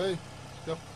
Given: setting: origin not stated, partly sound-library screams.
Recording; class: one-second piece from a danger detection set; normal situation